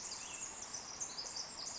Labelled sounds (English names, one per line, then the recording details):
Pacific Wren
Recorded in Sonoma County, California